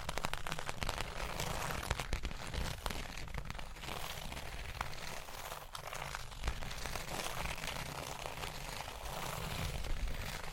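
Dense, continuous tapping and scratching on a surface, with many quick sharp clicks packed closely together. A steady scraping texture runs underneath throughout, with a low rumbling layer, and a few louder taps stand out near two and ten seconds.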